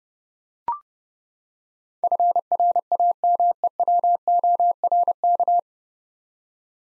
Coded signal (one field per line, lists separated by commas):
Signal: Morse code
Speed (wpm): 31 wpm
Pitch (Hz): 700 Hz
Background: none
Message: FRAMEWORK